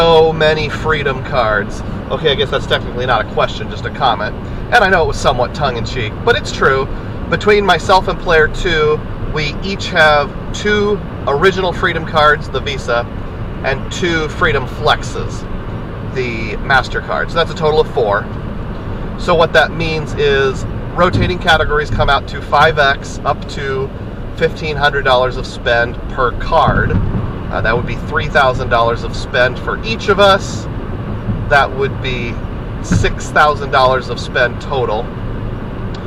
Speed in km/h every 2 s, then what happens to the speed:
106, 108, 108, 108, 108, 108, 108, 108, 108, 108, 108, 108, 108, 108, 108, 108, 108, 108.
0-36 steady at about 108.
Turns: none.